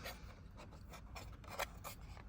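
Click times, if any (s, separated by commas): none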